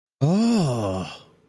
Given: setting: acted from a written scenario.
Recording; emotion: vocal sound without words; realization